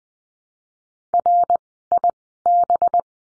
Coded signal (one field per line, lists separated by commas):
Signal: Morse code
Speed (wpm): 20 wpm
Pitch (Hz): 700 Hz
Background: none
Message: RIB